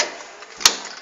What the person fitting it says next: Nah, sampai bunyi tek gitu ya.